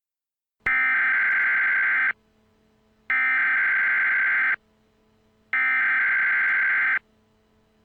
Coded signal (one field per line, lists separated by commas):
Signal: Emergency Alert System (SAME) tones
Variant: header bursts